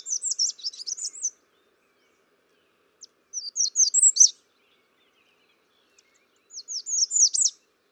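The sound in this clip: American redstart song: three high, rapid phrases of sweeping notes, each about a second long, spaced roughly three seconds apart.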